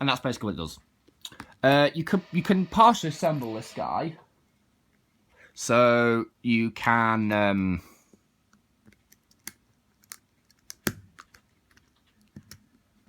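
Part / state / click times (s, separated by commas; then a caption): plastic action figure limb into the figure's body socket / seated / 10.9 s. Someone talks, then a detachable plastic limb of a vintage 1992 Kenner ALIENS series 1 scorpion alien action figure is pressed into the figure's body socket while the figure is partially assembled. Several small, sharp plastic clicks follow, with the loudest at 10.9 s as the limb seats into place.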